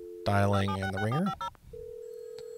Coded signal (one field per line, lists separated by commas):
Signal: DTMF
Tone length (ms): 90 ms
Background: speech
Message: 766450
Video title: Modem Sounds Explained, Part 1: Audio Frequency Shift Keying and Bell 103